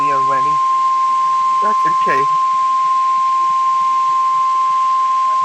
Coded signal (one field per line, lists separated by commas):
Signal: Emergency Alert System (SAME) tones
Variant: 1050 Hz attention tone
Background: speech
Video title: BY THE POWER OF DXING! | EAS Alerts from May 29, 2020 (EAS #361-376)